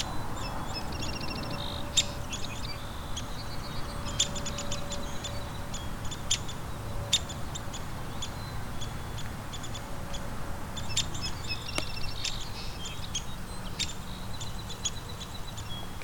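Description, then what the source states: Downy Woodpecker squeaky calls and short rattled series repeated throughout, over a steady low rumble and a faint hum. Three birds now calling, apparently keeping in contact with each other; short little squeaks with a descending call.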